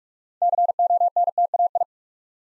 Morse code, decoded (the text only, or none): CONTAI